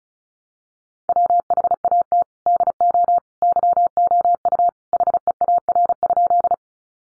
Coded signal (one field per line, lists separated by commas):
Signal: Morse code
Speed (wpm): 34 wpm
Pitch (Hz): 700 Hz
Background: none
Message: WHAT DO YOU HEAR?